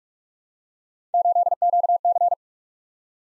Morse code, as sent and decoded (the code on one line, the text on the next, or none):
---.. --.- -.-.
8QC